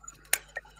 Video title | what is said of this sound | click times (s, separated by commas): Eddie Stobart Moving the nation Issue 67 to 70 | that was a nice click. | 0.3 s